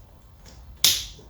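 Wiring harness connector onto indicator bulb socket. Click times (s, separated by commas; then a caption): 0.8 s. A plastic wiring harness connector is pushed onto the socket of a new indicator bulb on a 2007 to 2013 Chevy Silverado. After a quiet, low background, a single sharp, bright snap rings out at 0.8 s and fades quickly. The connector clicks in and is seated.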